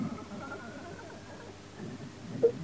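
Quiet, very low-pitched, irregular gurgling rumble from an adult's belly for about two seconds: ordinary stomach rumbling, a normal digestive sound.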